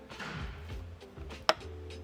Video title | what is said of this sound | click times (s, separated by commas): How To Install ZZP Intercooler Kit - Gen II Cruze | you'll hear it click | 1.5 s